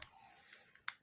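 A plastic top cover with the gear letters is pressed down by hand into the gear shift tower of a Jaguar X-Type, with a few soft plastic ticks and rustles before a sharp click at 0.9 s. A lighter click follows near the end. The cover is fully seated.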